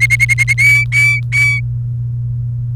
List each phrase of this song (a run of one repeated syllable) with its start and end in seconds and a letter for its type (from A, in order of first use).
0.00-0.53 A, 0.58-1.60 B